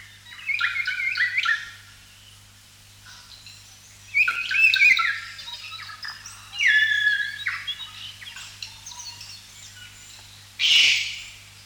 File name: south island kaka